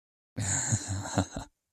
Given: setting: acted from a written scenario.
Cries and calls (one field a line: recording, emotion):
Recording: vocal sound without words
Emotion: elation